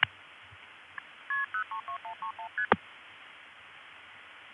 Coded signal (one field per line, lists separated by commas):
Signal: multi-frequency trunk signalling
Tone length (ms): 100 ms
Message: KP032131ST